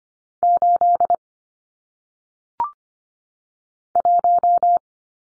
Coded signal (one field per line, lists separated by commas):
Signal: Morse code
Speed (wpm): 25 wpm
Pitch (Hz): 700 Hz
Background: none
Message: 8 1